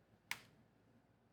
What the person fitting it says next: It got a nice little click to it.